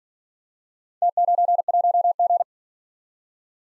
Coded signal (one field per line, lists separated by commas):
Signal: Morse code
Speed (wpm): 48 wpm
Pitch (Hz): 700 Hz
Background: none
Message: T91G